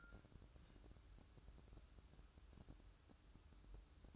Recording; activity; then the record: daily activity, microphone in the room; take from stove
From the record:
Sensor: 2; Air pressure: 1008.0 hPa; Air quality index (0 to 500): 109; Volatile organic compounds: 1 ppm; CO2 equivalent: 815 ppm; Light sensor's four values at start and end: 6/15/6/6 and 6/15/6/6